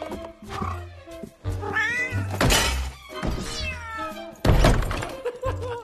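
Pet: cat meowing in drawn-out, wavering cries, several meows throughout between low thumps and knocking sounds.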